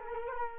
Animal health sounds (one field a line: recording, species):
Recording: mosquito wingbeat signal from an infrared sensor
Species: Culex quinquefasciatus